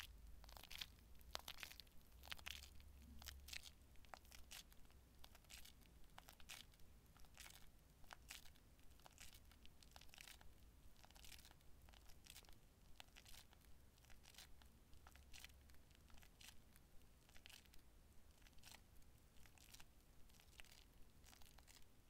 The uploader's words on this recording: Super TINGLY Shaving Gel.